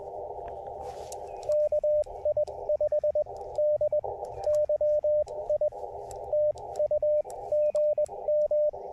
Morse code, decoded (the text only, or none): KI5DYI TU GM